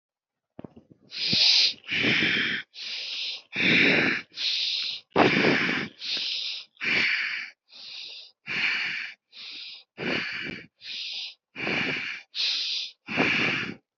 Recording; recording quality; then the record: shallow breathing; excellent, no background noise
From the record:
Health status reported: healthy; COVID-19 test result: not tested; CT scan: not taken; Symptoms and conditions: hypertension, ischaemic heart disease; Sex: male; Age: 58 years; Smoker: no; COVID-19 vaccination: none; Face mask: not worn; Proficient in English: yes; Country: India